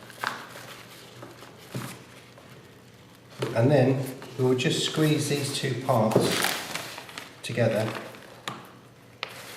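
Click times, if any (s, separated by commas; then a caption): 9.2 s. Someone talks while squeezing together the two halves of a Hammar MA1 automatic hydrostatic lifejacket inflator, a plastic cylinder housing and its cap seated on four lugs, with soft handling rustles in between. A sharp click at 9.2 s marks the cap snapping home and locking onto the inflator body.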